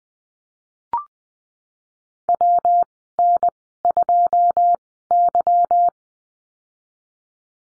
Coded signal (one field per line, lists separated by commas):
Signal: Morse code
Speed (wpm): 20 wpm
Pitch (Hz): 700 Hz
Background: none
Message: W N 2 Y